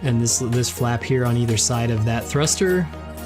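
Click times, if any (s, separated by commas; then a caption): none. Someone talks over a steady low hum while handling a plastic flap beside the thruster on a model kit backpack; the flap will later slot onto a small peg. No click is heard, and nothing has seated or clicked yet.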